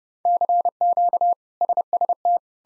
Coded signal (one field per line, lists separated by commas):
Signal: Morse code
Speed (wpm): 30 wpm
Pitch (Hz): 700 Hz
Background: none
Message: CQ SST